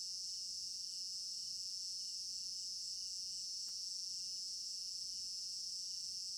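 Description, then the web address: Cricket chorus, continuous high-pitched shimmering trill with a softer rhythmic pulse beneath it and a brief tick midway. Crickets in an African village garden at night; stereo binaural recording. "African-Village Garden Night Crickets Stereo-Binaural. immersive sound library"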